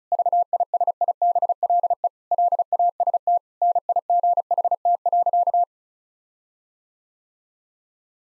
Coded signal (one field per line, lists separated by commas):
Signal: Morse code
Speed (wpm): 36 wpm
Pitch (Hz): 700 Hz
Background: none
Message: VISIBLE LAST NIGHT.